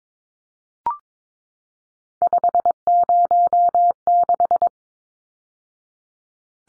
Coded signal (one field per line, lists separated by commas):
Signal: Morse code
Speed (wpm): 22 wpm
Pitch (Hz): 700 Hz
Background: none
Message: 506